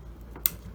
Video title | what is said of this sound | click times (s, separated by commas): onity / tesa lock fix, motherboard and battery board replace | you go you're gonna hear it click perfect okay | 0.5 s